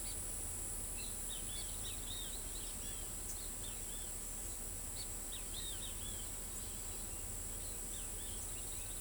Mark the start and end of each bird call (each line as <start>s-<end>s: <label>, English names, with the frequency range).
0.96s-3.08s: Great Kiskadee (1.4-5.8 kHz)
3.37s-4.12s: Great Kiskadee (2.3-4.7 kHz)
4.95s-6.26s: Great Kiskadee (1.7-5.1 kHz)